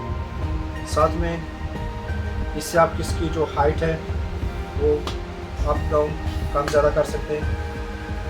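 A Weifeng WF 3717H tripod's height lock on the leg or column is handled while someone talks, with music playing underneath and soft rustling in the background. The lock is being closed, but the clip ends before it goes home, so nothing has seated or clicked yet.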